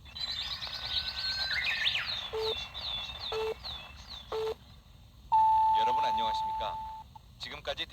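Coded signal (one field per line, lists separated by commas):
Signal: radio time signal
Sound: three short low pips one second apart, then a long higher tone with voice over it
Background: jingle music, speech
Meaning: The start of the long final pip marks 2 o'clock AM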